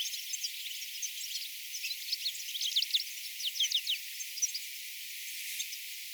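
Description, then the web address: European goldfinch calls: scattered high, liquid twitters and short chirps, busiest in the middle, over a soft background hiss. About sixty birds together on a seed field, recorded 23 September 2024. "paivat 23 9 2024 siella siemenpellolla oli kuutisenkymmenta tiklia"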